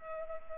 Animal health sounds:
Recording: mosquito wingbeat signal from an infrared sensor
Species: Culex pipiens

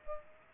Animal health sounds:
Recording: mosquito wingbeat signal from an infrared sensor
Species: Culex pipiens

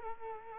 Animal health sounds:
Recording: mosquito wingbeat signal from an infrared sensor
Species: Culex quinquefasciatus

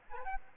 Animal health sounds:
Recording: mosquito wingbeat signal from an infrared sensor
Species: Aedes aegypti

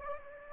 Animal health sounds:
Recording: mosquito wingbeat signal from an infrared sensor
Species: Anopheles gambiae

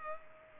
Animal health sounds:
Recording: mosquito wingbeat signal from an infrared sensor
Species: Culex pipiens

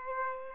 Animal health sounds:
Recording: mosquito wingbeat signal from an infrared sensor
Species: Aedes aegypti

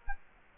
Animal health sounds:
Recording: mosquito wingbeat signal from an infrared sensor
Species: Culex quinquefasciatus

